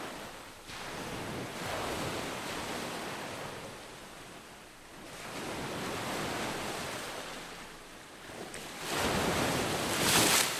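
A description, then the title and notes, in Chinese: Ocean waves wash in and pull back in slow surges, swelling around two seconds, again near six, and loudest and brightest toward the end around nine to ten seconds. The hiss is dense and continuous, with wind buffeting the microphone underneath. 令人放鬆的海浪聲。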